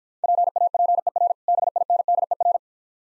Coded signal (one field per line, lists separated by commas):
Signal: Morse code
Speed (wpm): 49 wpm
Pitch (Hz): 700 Hz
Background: none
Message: PAPER BINDER